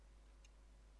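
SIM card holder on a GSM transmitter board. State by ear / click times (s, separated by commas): seated / 0.5 s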